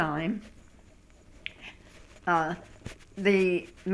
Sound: scrubbing sound against microphone

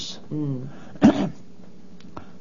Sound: clears throat

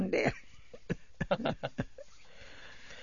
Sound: they laugh

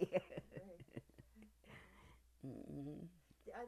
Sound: chuckles

